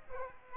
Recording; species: mosquito wingbeat signal from an infrared sensor; Aedes aegypti